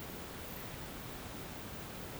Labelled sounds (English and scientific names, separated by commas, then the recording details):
none
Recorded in pastures near Puerto Asís, Putumayo, Colombia, on 24 March 2025 at 11:30
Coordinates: 0.472, -76.329
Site G074